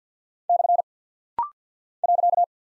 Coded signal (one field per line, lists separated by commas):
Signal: Morse code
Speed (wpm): 51 wpm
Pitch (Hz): 700 Hz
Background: none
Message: / .